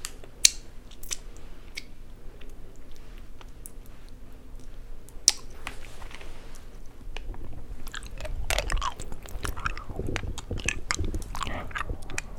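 Someone eats candy, with sharp clicks and crunches early on, then denser wet chewing building after about eight seconds.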